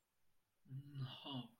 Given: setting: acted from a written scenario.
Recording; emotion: vocal sound without words; romantic love